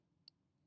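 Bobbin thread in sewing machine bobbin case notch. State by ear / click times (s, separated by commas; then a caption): seated / 0.3 s. On a Janome sewing machine, a bobbin is put in and its thread is pushed through the bobbin case notch, giving a single short, sharp click at 0.3 s with bright high-frequency energy over a quiet low hum. The bobbin thread seats in the notch.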